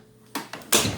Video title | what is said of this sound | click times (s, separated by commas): EGO SNT2130 / SNT2134 Power+ Snowblower [unboxing / first impressions] | locks into place loxs into place locks into place | 0.7 s